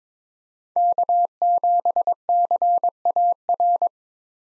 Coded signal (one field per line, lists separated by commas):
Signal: Morse code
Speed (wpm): 22 wpm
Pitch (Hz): 700 Hz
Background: none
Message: K7CAR